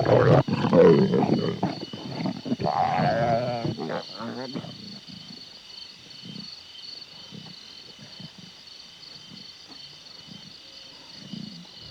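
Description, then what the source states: Lion growling in rough, throaty bursts over the first four seconds, then soft low grunts, over a steady high hum. Vocalisations described as lion talk.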